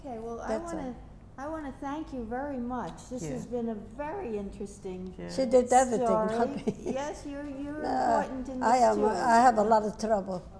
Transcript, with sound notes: Well, I want to, I want to thank you very much. This has been a very interesting story.
She did everything, not me. ( she laughs )
Yes, you're important in this, too.
I have a lot of trouble.